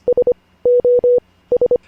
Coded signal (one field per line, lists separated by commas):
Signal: Morse code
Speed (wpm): 25 wpm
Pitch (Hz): 490 Hz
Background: none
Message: SOS